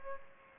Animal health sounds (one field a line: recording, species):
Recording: mosquito wingbeat signal from an infrared sensor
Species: Aedes aegypti